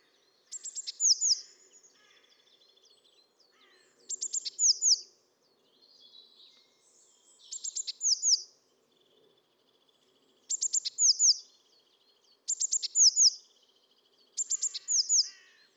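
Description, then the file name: Eurasian blue tit repeating a call of rapid high ticks ending in descending slurred notes, every few seconds, six times over a quiet background. "Cyanistes caeruleus"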